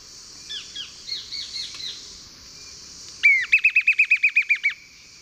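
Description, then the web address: Lawrence's thrush singing: soft varied phrases, then a loud rapid burst of evenly repeated whistled notes, with a constant high insect hum behind. Song, eastern lowlands of South America. "Natures Songs S America Eastern Lowlands. Turdus lawrencii, song"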